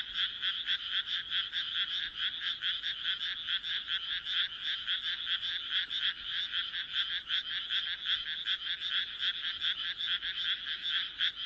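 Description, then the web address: Frogs in a dense chorus, rapid rasping croaks overlapping without pause, steady and high-pitched throughout. "kaeru kaeru"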